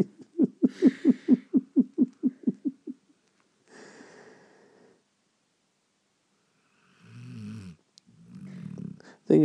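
A 2-year-old dog's rapid fluttering snore on the out-breath, followed by quieter breathy noises and people shuffling nearby.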